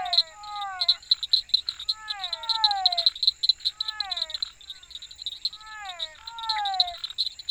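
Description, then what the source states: Frogs calling in bursts of downward-sliding, tonal croaks grouped in short series, with continuous high-pitched insect buzzing and ticking behind. Frogs together with insects.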